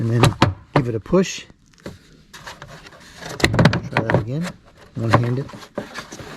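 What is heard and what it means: Someone talks while the plastic rear side marker light housing of a Subaru Outback is lined up by its tabs and pushed one-handed into the car's body panel, with a few short handling knocks around 3.4–4.1 s. Nothing has seated or clicked yet.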